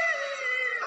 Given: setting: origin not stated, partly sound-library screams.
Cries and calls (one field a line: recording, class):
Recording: one-second piece from a danger detection set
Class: woman in danger